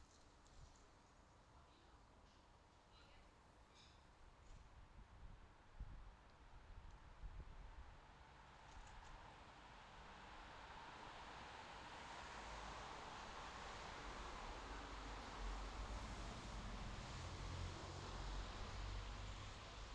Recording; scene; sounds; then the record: everyday scene through a hearing-aid microphone; in traffic; traffic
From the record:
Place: bus stop on a city main road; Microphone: in the ear canal, left